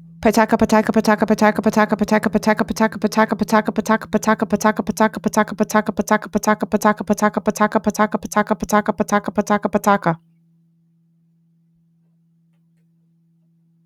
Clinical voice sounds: repeated syllables /pa ta ka/; female; 30 to 39 years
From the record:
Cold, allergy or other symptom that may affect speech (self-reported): no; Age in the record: 36 years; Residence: California, United States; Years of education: 16

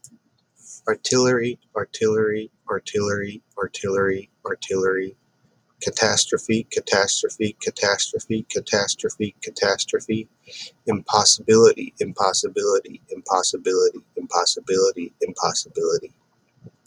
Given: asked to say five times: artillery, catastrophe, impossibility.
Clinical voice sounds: three words, each repeated; male; 30 to 39 years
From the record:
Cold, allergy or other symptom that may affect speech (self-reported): no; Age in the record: 36 years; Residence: Ohio, United States

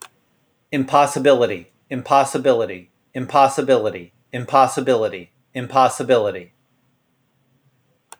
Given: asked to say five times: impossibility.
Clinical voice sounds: repeated word; male; 40 to 49 years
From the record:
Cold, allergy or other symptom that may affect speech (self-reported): no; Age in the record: 43 years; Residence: California, United States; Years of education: 24

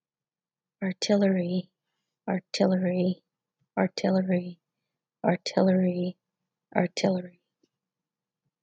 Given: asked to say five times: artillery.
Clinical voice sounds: repeated word; female; 40 to 49 years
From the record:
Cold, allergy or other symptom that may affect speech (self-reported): no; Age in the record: 41 years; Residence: California, United States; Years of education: 17

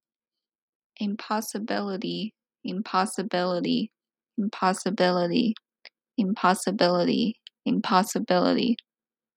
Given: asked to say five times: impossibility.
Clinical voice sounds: repeated word; female; 20 to 29 years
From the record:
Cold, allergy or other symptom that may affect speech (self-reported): no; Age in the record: 24 years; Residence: Colorado, United States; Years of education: 16

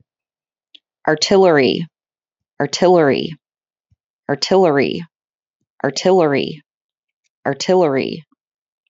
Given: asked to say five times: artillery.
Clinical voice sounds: repeated word; female; 30 to 39 years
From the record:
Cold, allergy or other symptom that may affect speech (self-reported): no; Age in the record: 38 years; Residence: New York, United States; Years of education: 16

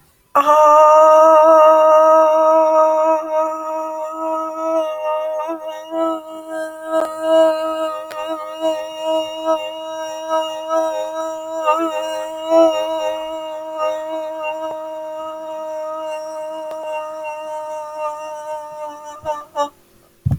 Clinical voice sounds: vowel held as long as possible; female; 20 to 29 years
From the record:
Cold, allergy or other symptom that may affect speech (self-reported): no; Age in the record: 29 years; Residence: Oregon, United States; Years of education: 16

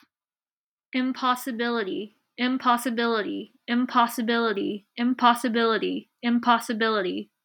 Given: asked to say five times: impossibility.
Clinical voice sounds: repeated word; female; 20 to 29 years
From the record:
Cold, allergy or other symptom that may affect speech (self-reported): no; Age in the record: 29 years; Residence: Washington, United States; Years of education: 15

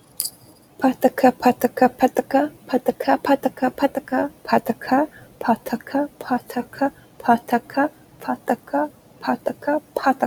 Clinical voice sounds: repeated syllables /pa ta ka/; female; 20 to 29 years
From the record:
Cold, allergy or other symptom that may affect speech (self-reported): no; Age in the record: 29 years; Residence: Indiana, United States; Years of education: 16

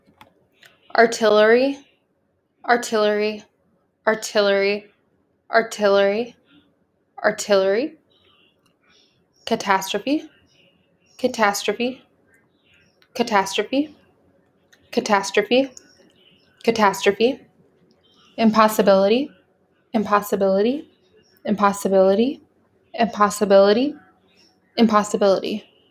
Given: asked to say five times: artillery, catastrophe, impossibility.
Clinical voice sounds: three words, each repeated; female; 30 to 39 years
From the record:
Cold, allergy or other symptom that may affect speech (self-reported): no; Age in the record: 30 years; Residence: Michigan, United States

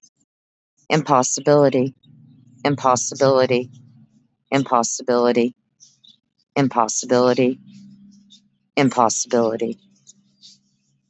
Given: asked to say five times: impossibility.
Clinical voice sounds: repeated word; female; 50 to 59 years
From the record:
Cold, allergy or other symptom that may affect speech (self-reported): no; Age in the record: 51 years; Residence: United States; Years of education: 12

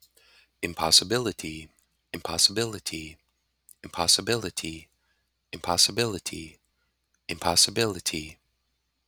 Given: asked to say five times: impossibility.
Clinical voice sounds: repeated word; male; 30 to 39 years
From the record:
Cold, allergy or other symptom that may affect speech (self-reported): no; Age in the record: 38 years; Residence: South Dakota, United States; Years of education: 16

